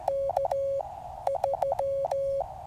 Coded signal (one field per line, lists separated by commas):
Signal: Morse code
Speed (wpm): 16 wpm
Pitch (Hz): 550 Hz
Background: none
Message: K3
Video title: Lightning Delay CW POTA/SOTA | Cheaha Mountain Adventure